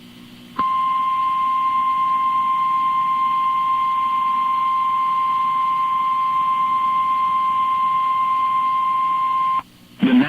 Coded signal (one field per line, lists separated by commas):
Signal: Emergency Alert System (SAME) tones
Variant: 1050 Hz attention tone